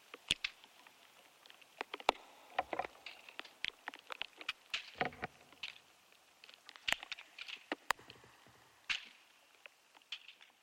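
Sounds from inside an ash tree: a quiet, near-silent background broken by sharp clicks and ticks scattered irregularly through the clip, some single, some in quick clusters. Several louder snaps stand out around two, seven and eight seconds, with occasional brief creaking, knocking textures between them.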